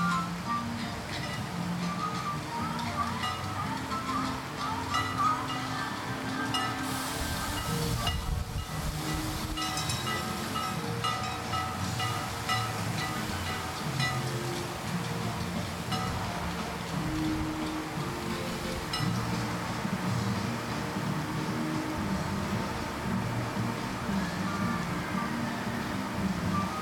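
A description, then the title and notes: Walking through a park, a steady dense wash of crowd voices and machinery hums on, with a brief brighter burst near seven seconds. A Day at Universal Studios Florida. Walk the park as we journey from attraction to attraction.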